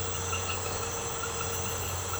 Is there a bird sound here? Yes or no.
no